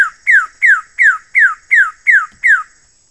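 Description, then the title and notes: Bird song: several loud, clear downslurred whistles in an even, rapid series, with a thin continuous high tone behind them. "Kicau Burung Lengkap"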